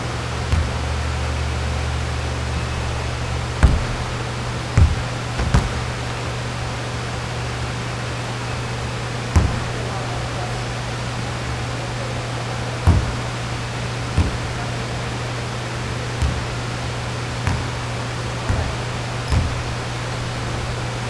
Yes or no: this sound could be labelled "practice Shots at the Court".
yes